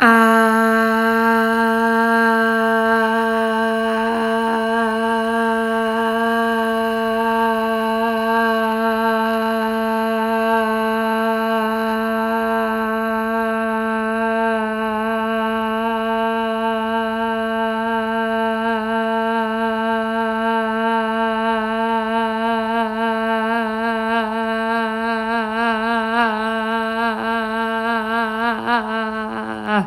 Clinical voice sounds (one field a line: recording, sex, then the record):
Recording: sustained vowel /a/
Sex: female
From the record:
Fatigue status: fatigue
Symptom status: symptomatic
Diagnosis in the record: COVID-19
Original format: m4a